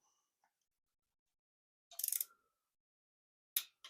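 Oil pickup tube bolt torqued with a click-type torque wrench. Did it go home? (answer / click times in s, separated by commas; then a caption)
yes / 3.6 s. A click-type torque wrench on a short 3-inch extension tightens the oil pickup tube bolts on a 2.5L Ford engine. A quick burst of ratchet ticks is heard around 2.0–2.2 s, followed by the sharp click of the wrench reaching its setting at 3.6 s and a fainter tick just after. The bolt is confirmed torqued.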